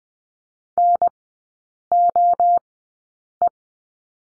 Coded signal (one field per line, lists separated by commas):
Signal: Morse code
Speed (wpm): 20 wpm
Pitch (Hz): 700 Hz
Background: none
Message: NOE